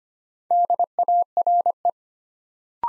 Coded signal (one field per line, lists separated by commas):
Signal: Morse code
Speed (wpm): 25 wpm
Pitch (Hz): 700 Hz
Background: none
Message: DARE